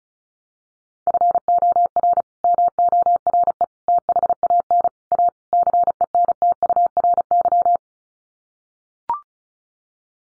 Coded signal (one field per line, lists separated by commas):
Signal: Morse code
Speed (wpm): 34 wpm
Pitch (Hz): 700 Hz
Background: none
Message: FOR MORE THAN A CENTURY